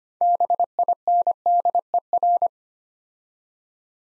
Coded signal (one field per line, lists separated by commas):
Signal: Morse code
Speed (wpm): 25 wpm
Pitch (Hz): 700 Hz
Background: none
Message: BINDER